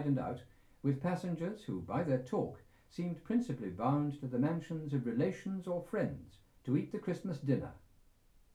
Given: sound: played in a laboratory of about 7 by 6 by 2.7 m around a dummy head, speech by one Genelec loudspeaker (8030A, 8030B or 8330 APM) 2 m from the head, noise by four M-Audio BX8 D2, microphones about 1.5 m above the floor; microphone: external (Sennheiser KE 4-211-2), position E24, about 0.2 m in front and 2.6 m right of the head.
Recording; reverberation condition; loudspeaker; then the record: male speech in English; low; 60 degrees to the right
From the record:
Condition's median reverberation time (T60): about 310 ms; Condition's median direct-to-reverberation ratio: about 3.5 dB